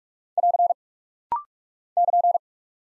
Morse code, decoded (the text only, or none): <AR> <KN>